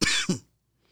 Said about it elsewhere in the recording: Why are you coughing? I think it's a smoke. I've cut way back on my smoking since I've been sick. Phlegmy. This morning was the first morning I didn't do the phlegmy gag in the morning.